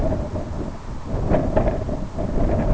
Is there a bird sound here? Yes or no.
no